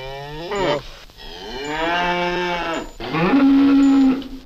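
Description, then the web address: Cow lowing in three drawn-out moos, the middle one long and level, the final one a strong, steady bellow. "Kuh"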